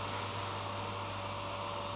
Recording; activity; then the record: daily activity, microphone in the room; vacuum cleaning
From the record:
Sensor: 1